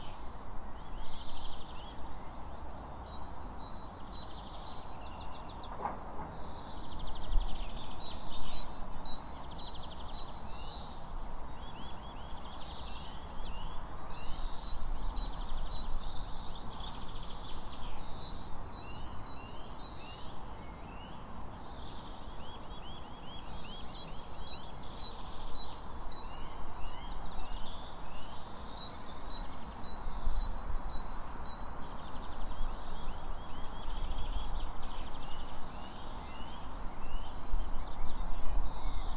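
An outdoor parkland scene with a steady low rumble and hiss underneath throughout. Small birds chirp and twitter almost continuously in bright, quick bursts, with busier spells of calls around the middle and near the end. The level stays fairly even across the recording.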